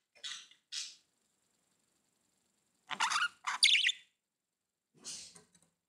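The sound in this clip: Budgerigar calls, a few short chirps and a louder squawking stretch in the middle, with long silent gaps between.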